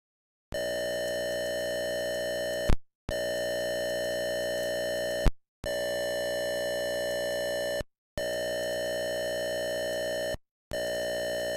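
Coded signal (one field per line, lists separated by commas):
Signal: computer data on cassette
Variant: Atari 8-bit cassette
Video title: Atari 400 Mini Coming soon, Data Cassette Tape Loader - Game - Demon Attack by IMAGINE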